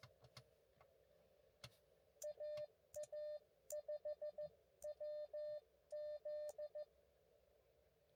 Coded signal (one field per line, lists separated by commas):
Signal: Morse code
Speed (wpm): 14 wpm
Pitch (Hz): 590 Hz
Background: none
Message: AA5WZ